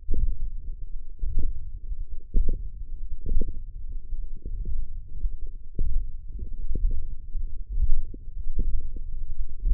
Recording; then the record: forearm muscle sounds (acoustic myography)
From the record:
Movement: radial deviation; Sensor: system 1, eight BSWA MPA416 microphones around the upper forearm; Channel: 6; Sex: female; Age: 22 years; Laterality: right